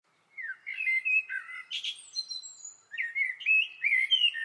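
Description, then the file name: Eurasian blackbird delivering continuous fluty warbles followed by a thin high squeaky flourish, then a fresh run of whistled notes. "Turdus merula"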